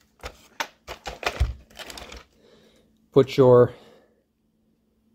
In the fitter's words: give it a little turn till it kind of snaps into place